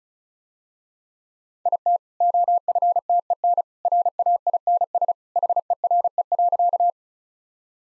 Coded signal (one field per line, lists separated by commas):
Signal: Morse code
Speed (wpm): 36 wpm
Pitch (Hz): 700 Hz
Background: none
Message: IT OFTEN RAINS HERE.